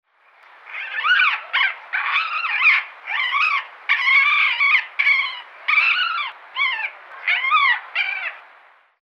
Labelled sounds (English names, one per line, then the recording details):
Raccoon
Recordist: Tembrock, Günter
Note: Laute im agonistischen Verhalten